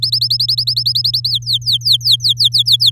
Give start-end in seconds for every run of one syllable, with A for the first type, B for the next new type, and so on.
0.02-1.29 A, 1.30-2.90 B